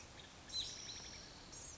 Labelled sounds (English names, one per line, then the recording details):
Blue-gray Gnatcatcher
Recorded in Sonoma County, California